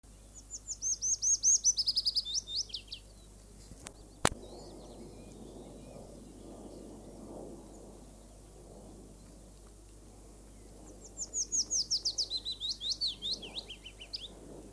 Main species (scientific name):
Phylloscopus trochilus